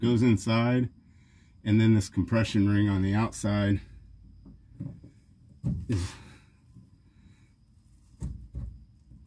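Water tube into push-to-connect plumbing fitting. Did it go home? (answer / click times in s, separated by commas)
yes / 8.2 s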